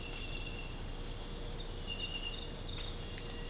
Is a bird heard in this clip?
no